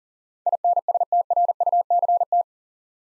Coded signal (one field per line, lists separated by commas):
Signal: Morse code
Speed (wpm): 42 wpm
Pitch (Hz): 700 Hz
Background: none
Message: INSTRUCT